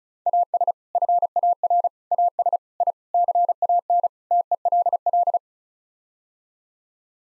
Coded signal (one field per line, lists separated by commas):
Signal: Morse code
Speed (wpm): 34 wpm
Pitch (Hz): 700 Hz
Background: none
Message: AS FAR AS I CAN TELL